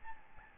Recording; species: mosquito wingbeat signal from an infrared sensor; Aedes albopictus